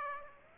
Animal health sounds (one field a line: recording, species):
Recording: mosquito wingbeat signal from an infrared sensor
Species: Aedes aegypti